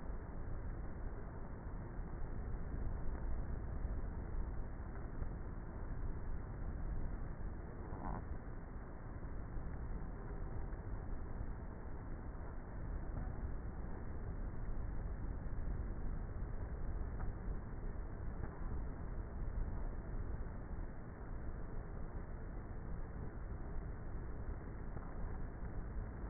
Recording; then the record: honeybee colony, microphone inside the hive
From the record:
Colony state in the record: queenless with a low population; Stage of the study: before two queens were removed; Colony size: about 30,000 bees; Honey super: no